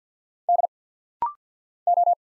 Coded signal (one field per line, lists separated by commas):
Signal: Morse code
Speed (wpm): 48 wpm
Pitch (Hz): 700 Hz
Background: none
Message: D O